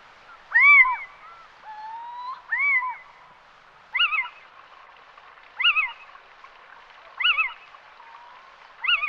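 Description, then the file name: Little owl giving sharp, mewing kiew calls with arched pitch, first a few loud varied notes, then a steady call repeated at regular intervals. "Athene noctua"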